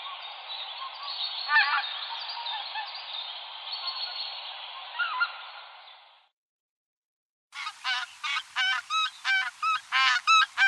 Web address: Uzbek hayvonlar. Anser albifrons